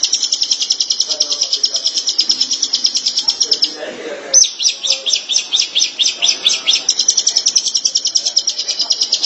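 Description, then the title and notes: Shrike producing fast, buzzy, high-pitched chatter with one short break near four seconds, with soft lower sounds in the background. "Pentet 201703. Suara burung pentet"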